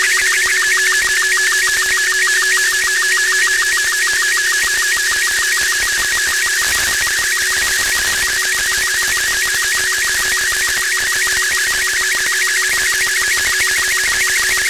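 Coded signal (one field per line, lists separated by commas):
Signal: SSTV (slow-scan television)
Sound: warbling tone around 1.5-2.3 kHz with rapid regular low blips, under hiss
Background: radio static, steady low hum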